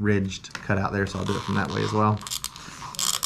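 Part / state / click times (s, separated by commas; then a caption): CPAP mask cushion clip in the mask frame / released / 3.0 s. Someone talks while pinching the hard plastic clip of a full-face CPAP mask cushion and pulling it out of the plastic mask frame. Sharp plastic snaps follow, and the clip pops loose from the frame at 3.0 seconds.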